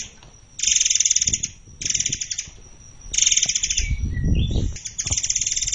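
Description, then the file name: Murai air: harsh buzzy phrases repeated every second or two, with some low rumbling between them. "burung murai air"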